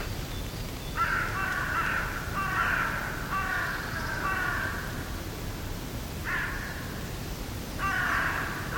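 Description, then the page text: Hooded Crow giving harsh, grating caws: a run of four or five in quick succession, a pause, then two more, over a soft background hiss. Distant hooded crows in mixed woodland, early spring, early morning. "BBC. Mixed woodland in early Spring, early morning atmosphere, rather neutral with distant Hooded Crows, Buzzard & Great Tit"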